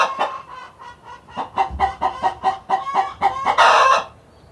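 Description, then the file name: Chickens clucking in a steady run of short notes, ending with a loud, harsh squawk. Chickens recorded inside a hen house on a farm. "felix blume animals chickens inside hen house on farm"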